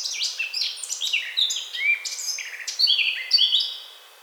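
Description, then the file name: Eurasian blackcap song, a quick sequence of varied warbled and whistled notes stepping up and down in pitch, trailing off at the close. "Sylvia atricapilla"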